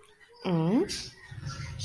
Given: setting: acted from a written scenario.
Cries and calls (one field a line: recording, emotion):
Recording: vocal sound without words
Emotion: confusion